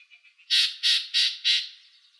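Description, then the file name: Yellow-breasted Chat call: four harsh chack notes in quick, even succession. Recorded 24 April 2004, Arizona. "YBCH 6 deviche"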